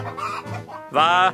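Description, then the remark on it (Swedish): Hens cluck in a short run of nasal, throaty calls, the last one louder and drawn out, with no talking over them. “Hönorna kacklade och sneglade på korna.”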